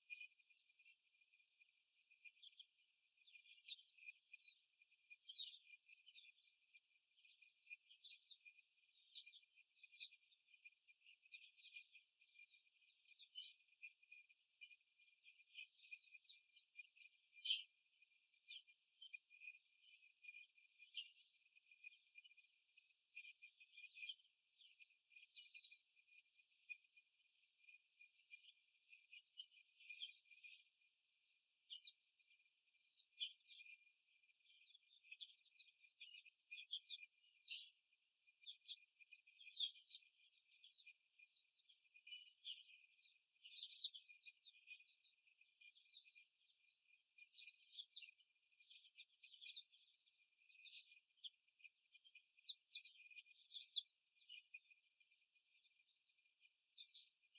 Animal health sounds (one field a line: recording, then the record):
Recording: young laying hens in a cage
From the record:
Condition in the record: after the stressor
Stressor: simulated dog barking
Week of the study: 1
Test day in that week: 2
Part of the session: 1